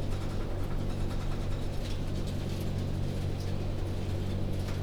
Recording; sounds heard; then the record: poultry house recording; no chicken sound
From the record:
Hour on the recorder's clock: 20